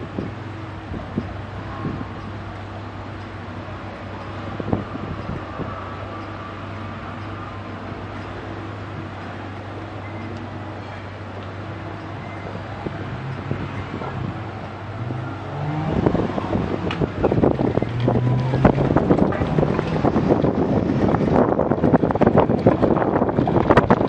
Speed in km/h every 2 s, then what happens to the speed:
0, 0, 0, 1, 1, 0, 0, 3, 6, 13, 16, 19.
0-13 standing. 13-24 pulls away to 19.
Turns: 16-18.